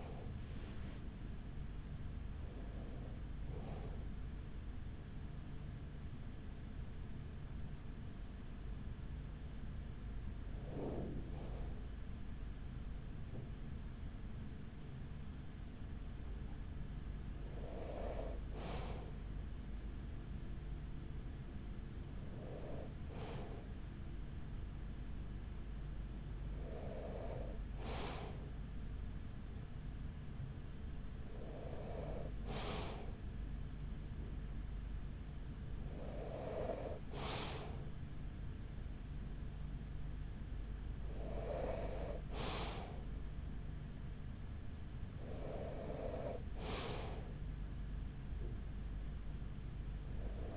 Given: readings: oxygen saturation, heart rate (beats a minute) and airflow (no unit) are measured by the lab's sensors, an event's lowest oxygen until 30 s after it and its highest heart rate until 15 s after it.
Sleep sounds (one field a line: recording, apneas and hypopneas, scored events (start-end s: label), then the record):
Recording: breathing in sleep by a smartphone at the bedside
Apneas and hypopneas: 1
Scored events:
7.00-22.10 s: hypopnea (N1, oxygen 96% highest, then 93% lowest, heart rate 54 at the start, 54 highest)
26.00-50.57 s: new sleep stage, N2 (light sleep)
From the record:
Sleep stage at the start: N1 (lightest sleep)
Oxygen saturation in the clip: 93 to 96%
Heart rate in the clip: 43 to 54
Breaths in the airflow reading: 9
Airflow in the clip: -8.7 to 6.3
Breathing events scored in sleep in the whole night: 207 in 7.6 hours asleep